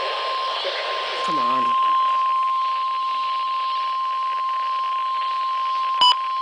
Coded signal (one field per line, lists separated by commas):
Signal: Emergency Alert System (SAME) tones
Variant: 1050 Hz attention tone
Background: speech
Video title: Severe Thunderstorm Warning for Atlantic, Cape May, Cumberland, Gloucester, Salem Co. NJ {EAS# 646}